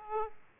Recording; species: mosquito wingbeat signal from an infrared sensor; Aedes aegypti